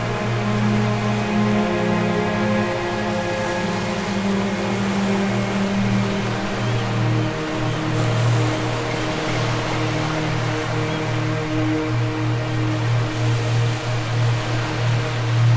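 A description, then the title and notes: Ocean waves wash in a steady, dense hiss beneath soft sustained music tones, low drones shifting slowly while the level barely changes throughout. The Majestic Ocean Soundscape With Relaxing Music & Ocean Waves.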